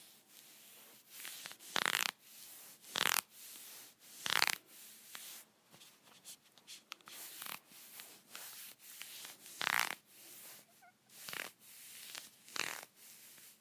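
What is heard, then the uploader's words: Fingernails scratch against leggings in short rasping strokes, with a few louder, brighter scrapes near 2, 3, 4.5, 10 and 12.5 seconds. Between them come softer, quicker rubs, irregular in pace, over a faint low hum. ASMR Scratching my Leggings.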